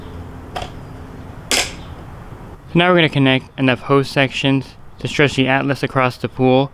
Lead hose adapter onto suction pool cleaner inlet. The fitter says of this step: you're going to go ahead and snap this on ahead of the cleaner you're gonna hear it snap in